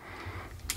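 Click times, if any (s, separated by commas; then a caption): 0.7 s. During reassembly of a Tisas Raider B45R 1911 pistol, a part is held and guided with the thumb and pushed straight into the frame/slide. A low steady hum runs underneath until a single sharp, bright click at 0.7 s marks the part seating into place.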